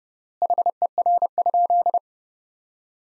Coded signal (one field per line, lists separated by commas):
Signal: Morse code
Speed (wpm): 29 wpm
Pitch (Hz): 700 Hz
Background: none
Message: HER?